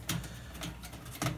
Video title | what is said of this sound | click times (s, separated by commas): Building a sensible, custom, Corsair workstation PC | and that popped into place so now we're gonna find our motherboard | 0.1 s, 1.2 s